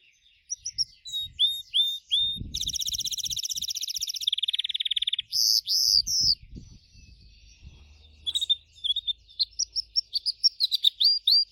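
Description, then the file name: Gloster canary song mixing sharp repeated upslurred notes, long rattling trills and buzzy rolls, with soft low knocks underneath. "canto do canario gloster"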